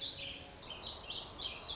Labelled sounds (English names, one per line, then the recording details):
Warbling Vireo
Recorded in Sonoma County, California